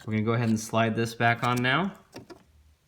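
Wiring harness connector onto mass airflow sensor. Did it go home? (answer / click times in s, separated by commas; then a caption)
no / none. Someone talks while a wiring harness connector is handled and slid back toward a mass airflow sensor after cleaning, followed by a few faint ticks near the end. The clip stops before the connector goes home, and nothing has seated or clicked yet.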